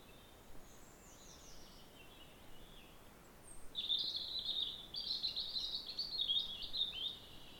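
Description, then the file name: European robin song: a sustained run of rapid high twittering and warbling that starts midway and continues to the end, over soft background noise. "Erithacus rubecula"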